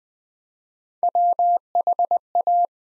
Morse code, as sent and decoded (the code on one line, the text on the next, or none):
.-- .... .-
WHA